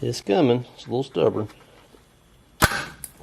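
On a 2012 Honda Civic, with a bungee in place, a stubborn A/C refrigerant line is pulled straight out of its port toward the front of the car with minimal wiggling while someone talks. A sharp pop is heard at 3.0 s as the line releases from the port.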